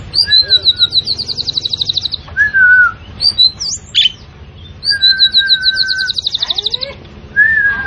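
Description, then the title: Asian pied starling singing a varied medley of fast rattling high trills, clear falling whistles and harsh squeaks. Actively singing bird, described as gacor. "Jalak Suren Gacor Dor"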